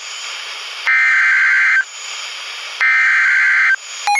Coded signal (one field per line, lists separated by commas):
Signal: Emergency Alert System (SAME) tones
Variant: header bursts